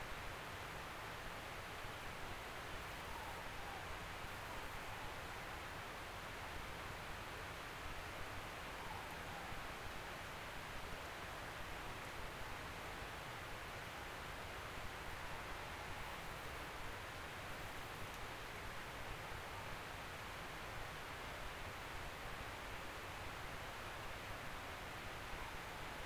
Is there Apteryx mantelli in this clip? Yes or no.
no